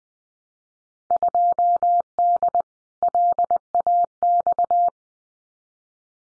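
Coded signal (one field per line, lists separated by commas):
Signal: Morse code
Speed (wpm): 20 wpm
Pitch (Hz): 700 Hz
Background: none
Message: 2D LAX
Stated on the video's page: Simulated Field Day contest exchanges in Morse at 20 wpm for head-copy practice, each sent, spoken, then sent again.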